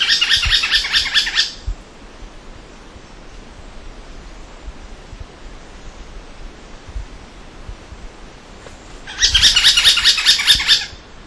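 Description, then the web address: Pale-headed woodpecker calls: two bursts of rapid, harsh, rattling notes at the start and end, separated by a long stretch of steady background hiss. Recorded at Na Hin, Laos. "Laos George Wagner Pale-headed Woodpecker Na Hin"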